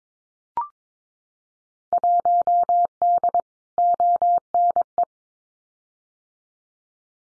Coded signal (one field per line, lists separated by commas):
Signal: Morse code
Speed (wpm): 22 wpm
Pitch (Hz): 700 Hz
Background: none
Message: 1D ONE